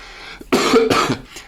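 An adult man coughs. He has a cough and is somewhat unwell.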